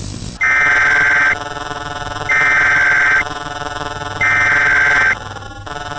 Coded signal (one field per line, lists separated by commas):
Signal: Emergency Alert System (SAME) tones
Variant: header bursts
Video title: L O C A L 5 8 T V - Weather Service | EAS Scenario